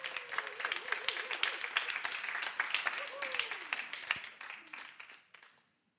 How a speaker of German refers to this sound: Gib mir mal einen kräftigen Applaus.